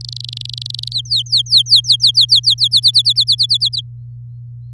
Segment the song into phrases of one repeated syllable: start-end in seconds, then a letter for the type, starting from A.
0.01-0.93 A, 0.93-2.80 B, 2.82-3.81 C